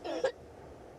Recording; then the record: coughing mixed with background sound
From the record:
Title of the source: choking, hacking coughing